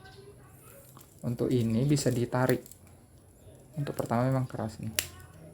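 A sliding plastic section of a Master Grade Gundam Kyrios model kit is being pulled out toward its extended transport position, and it is stiff the first time. Someone talks over faint handling sounds. Nothing has clicked or seated yet.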